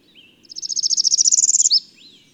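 Bird song: a brisk high trill of evenly spaced notes ending in an abrupt slurred note, with a thin whistle before and after.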